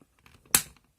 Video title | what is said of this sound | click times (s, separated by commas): Deep ocean waves - TONI & GUY DEEP BARREL WAVER - Unboxing & Review | like that you will hear the click so it opens | 0.6 s